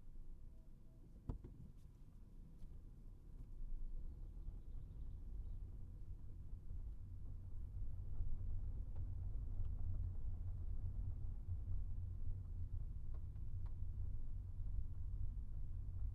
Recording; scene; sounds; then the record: everyday scene through a hearing-aid microphone; in a vehicle; engine, rumble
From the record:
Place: Skoda Fabia, gasoline engine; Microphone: behind the ear, right, rear